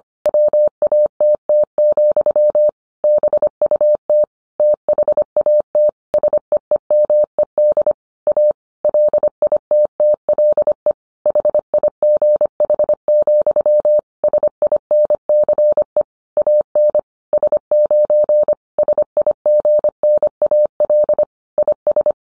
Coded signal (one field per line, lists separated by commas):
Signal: Morse code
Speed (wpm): 25 wpm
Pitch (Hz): 600 Hz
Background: none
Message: WATT, BUT THAT SEEMED A LITTLE HIGH, SINCE AN S9 SIGNAL IS